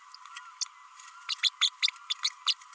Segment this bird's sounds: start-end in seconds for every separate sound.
1.28-1.35, 1.43-1.49, 1.61-1.69, 1.82-1.88, 2.10-2.13, 2.46-2.54